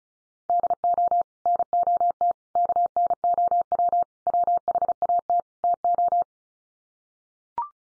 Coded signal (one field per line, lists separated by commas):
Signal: Morse code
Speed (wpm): 34 wpm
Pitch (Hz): 700 Hz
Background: none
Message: DO NOT KNOW WHAT TO